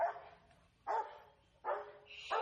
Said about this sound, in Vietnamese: Gã anh cả từ trong liều cá nghe thấy tiếng chó rên, vội vàng cầm cái đèn pin với con dao phớ lăm lăm trên tay, chạy ra kiểm tra.